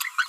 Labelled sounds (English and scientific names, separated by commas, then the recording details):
Green-rumped Parrotlet (Forpus passerinus) babbling
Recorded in a nest box in Venezuela
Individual 18B25A4